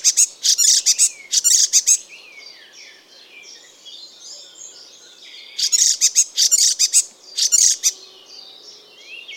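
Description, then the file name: Icterine warbler song: loud bursts of rapid, harsh repeated notes alternating with softer varied chattering and slurred whistles. "Ruud van Beusekom - Zelenaya peresmeshka Hippolais icterina"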